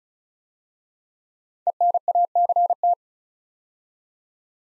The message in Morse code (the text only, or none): ENACT